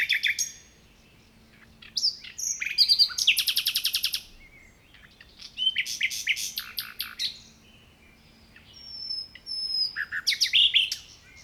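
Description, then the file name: Common nightingale singing in bursts: rapid repeated notes, rich whistles and trills, with pauses of a second or two between phrases; a faint low hum underneath. "Luscinia megarhynchos"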